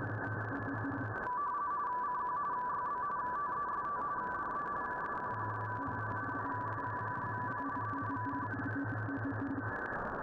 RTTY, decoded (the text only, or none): CQ YB TEST DE SQ6PLE SQ6PLE K